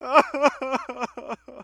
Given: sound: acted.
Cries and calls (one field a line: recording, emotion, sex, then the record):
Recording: nonverbal affect burst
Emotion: sadness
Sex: male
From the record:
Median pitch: 262 Hz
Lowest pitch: 201 Hz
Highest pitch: 336 Hz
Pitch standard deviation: 25 Hz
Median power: 57.9 dB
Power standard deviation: 12.6 dB